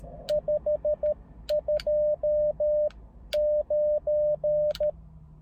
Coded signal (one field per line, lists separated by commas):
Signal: Morse code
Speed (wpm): 13 wpm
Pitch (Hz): 600 Hz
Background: none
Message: 529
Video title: モールス通信 CW 交信の様子【初心者】/ Morse Code QSO on 30m